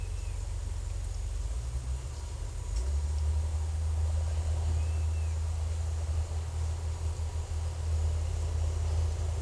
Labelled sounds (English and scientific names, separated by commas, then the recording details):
none
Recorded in secondary vegetation near Puerto Asís, Putumayo, Colombia, on 20 December 2024 at 12:30
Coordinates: 0.468, -76.324
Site G095